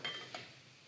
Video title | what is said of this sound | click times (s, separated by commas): Knotwood Lunch and Learn by Alumarch CEO 04 Feb 2025 | that snaps right inside there and completely conceals the fasting that you've done | 0.1 s